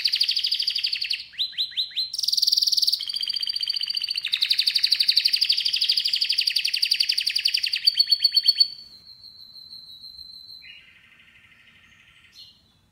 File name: Canary Voice